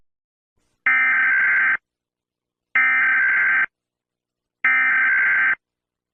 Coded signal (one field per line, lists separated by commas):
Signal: Emergency Alert System (SAME) tones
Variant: header bursts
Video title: EAS Scenario: Civil War II:Part II